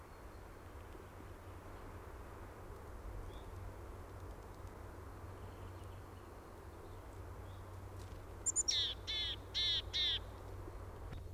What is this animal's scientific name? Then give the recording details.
Poecile montanus. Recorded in the wild. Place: Ehrwald, Tirol, AT. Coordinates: 47.4, 10.9183. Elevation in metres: 980. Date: 1968-04-17. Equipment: Uher 4000, Sennheiser MKH 405, Parabolreflektor. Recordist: Tretzel, Erwin. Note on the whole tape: Ehrwald: zu Beginn Gesang, dann Rufe